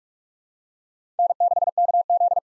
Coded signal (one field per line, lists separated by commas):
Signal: Morse code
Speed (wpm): 46 wpm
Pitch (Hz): 700 Hz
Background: none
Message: N6KZ